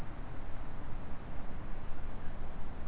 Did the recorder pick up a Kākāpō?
no